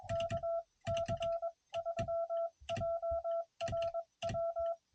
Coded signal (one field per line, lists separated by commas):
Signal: Morse code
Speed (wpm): 21 wpm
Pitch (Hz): 690 Hz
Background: none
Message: KC3JRW